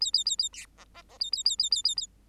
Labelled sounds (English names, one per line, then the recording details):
Bengalese Finch song
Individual Bird8